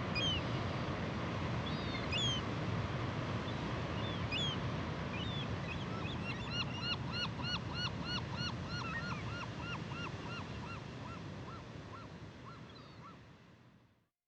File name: dan gibsons solitudes california gull